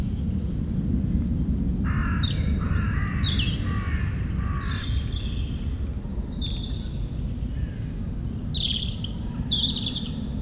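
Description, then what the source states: European robin song, a rapid tumbling series of high thin notes and trills, over a loud low roar of aircraft noise throughout. Singing in the huge Meerdaalbos forest at Oud-Heverlee, Belgium, with planes taking off.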